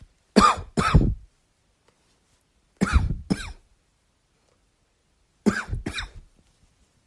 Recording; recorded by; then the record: voluntary cough; messaging app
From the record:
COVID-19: negative